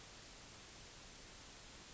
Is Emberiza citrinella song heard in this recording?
no